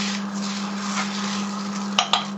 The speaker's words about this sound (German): Okay, Nudeln nochmal durchrühren. Jetzt nimmst du deine 3 Eier. Ich rühre noch. Echt viele Nudeln.